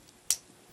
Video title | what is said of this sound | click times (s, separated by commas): Maketoys TRASH TALK & COGWHEEL (IDW Swerve & Gears): EmGo's Transformers Reviews N' Stuff | click there you go you got everything locked into place | 0.3 s